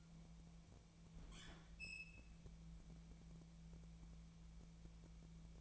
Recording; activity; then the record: daily activity, microphone in the room; open fridge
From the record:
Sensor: 1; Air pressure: 1000.2 hPa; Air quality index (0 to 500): 134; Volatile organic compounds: 2 ppm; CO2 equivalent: 1270 ppm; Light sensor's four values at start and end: 37/94/40/49 and 37/94/39/48